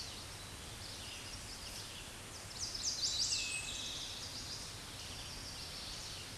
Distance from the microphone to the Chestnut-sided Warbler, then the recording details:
about 35 m. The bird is about 5 m above the microphone. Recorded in a Pennsylvania forest on 16 May 2024 at 07:59. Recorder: AudioMoth, point MSD-1849. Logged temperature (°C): 12.1 °C. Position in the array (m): 9 m, 18 m